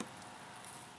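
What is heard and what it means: A Snapper SP60 lawn mower with a Briggs 725EXi engine has the center jet of its carburetor pressed back into the carburetor body by hand after cleaning. A short, sharp click sounds at 0.0 s as the jet snaps home and seats, followed by a faint, steady background hiss.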